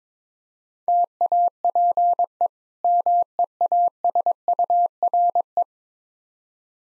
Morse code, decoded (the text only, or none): TAPE MEASURE